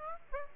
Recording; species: mosquito wingbeat signal from an infrared sensor; Aedes aegypti